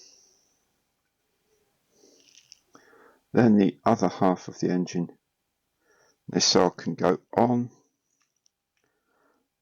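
Someone talks while handling the plastic other half of the engine cowling for a 1/48 scale ICM Mistel 1 model aircraft kit, bringing it to the engine assembly. Faint plastic taps and clicks come around 2.3 to 2.8 seconds, with one more small tick near 8.5 seconds. Nothing has seated or clicked into place yet.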